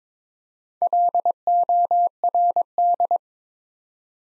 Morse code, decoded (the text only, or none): LORD